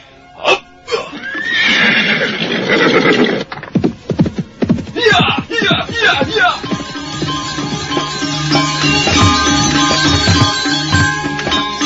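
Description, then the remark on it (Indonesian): A ridden horse gives a loud, wavering neigh, then its hooves pound in a quick, uneven galloping rhythm on a stony road along the edge of a small forest at dusk, while a steady droning background continues underneath. “Kuda itu berlari kencang bagaikan terbang di atas jalanan berbatu.”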